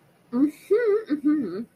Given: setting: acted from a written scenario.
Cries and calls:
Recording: vocal sound without words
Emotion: pride

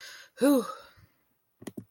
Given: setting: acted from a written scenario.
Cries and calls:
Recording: vocal sound without words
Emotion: relief

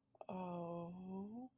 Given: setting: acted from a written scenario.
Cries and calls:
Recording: vocal sound without words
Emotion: serenity

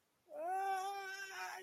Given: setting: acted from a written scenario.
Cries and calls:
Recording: vocal sound without words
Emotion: fear

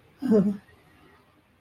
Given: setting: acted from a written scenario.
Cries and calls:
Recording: vocal sound without words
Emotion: fear

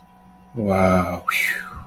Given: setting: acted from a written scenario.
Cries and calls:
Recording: vocal sound without words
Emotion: serenity

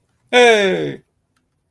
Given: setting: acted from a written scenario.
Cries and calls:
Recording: vocal sound without words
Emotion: elation

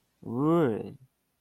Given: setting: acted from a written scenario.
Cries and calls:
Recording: vocal sound without words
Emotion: disgust

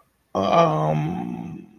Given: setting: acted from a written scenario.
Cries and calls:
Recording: vocal sound without words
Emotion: confusion

